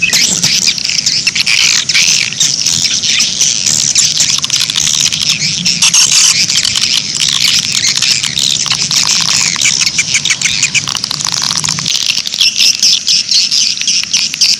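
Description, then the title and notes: Swiftlet twittering, a thick wall of high chirps and buzzy trills heard steadily throughout, over a faint low hum. Swiftlet sound used in swiftlet bird farming in Asia. "Swiflet Bird Sound. Farming Swiflet Bird asia sound"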